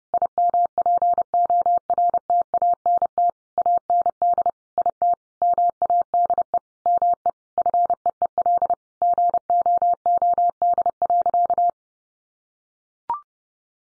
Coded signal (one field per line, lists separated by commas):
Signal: Morse code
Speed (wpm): 30 wpm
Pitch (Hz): 700 Hz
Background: none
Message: IMPORTANT AND IT MADE ME FEEL GOOD.